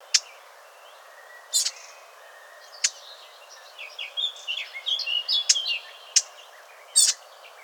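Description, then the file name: Eurasian blackcap giving sharp, clicking tac calls at irregular intervals, with soft warbling in the background. "Sylvia atricapilla"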